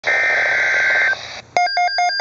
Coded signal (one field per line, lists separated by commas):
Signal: Emergency Alert System (SAME) tones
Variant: header bursts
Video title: Severe Thunderstorm Watch (EAS #547) Double Header Part 2